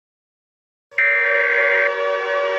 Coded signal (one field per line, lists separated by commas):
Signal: Emergency Alert System (SAME) tones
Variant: header bursts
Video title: EAS SCENARIO 34: Steve Cob's Revenge